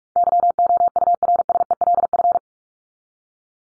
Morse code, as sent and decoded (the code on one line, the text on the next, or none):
-.-- --- ..- .-. ... . .-.. ..-.
YOURSELF